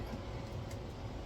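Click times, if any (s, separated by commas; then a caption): none. A plastic wing retention lock on an OMP Edge 540 60" PNP RC airplane is turned with some force along its groove between the wing and fuselage. A steady low rumble and broadband noise continue throughout, with no distinct sharp sounds. Nothing has seated or locked into the groove yet by the end of the clip.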